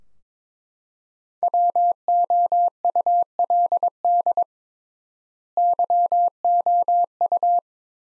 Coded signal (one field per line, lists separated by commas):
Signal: Morse code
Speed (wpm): 22 wpm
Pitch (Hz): 700 Hz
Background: none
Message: WOULD YOU